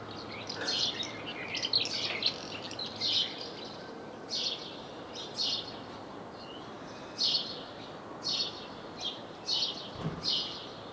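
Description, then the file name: House sparrow chirping in short bright bursts, irregular clusters of notes with brief gaps, over steady background hiss. "Passer domesticus"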